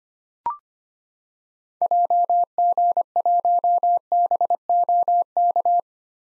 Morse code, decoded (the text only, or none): JG1BOK